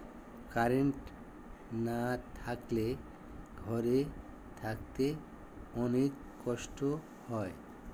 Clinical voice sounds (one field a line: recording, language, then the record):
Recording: elicited speech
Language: Bengali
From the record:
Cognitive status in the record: dementia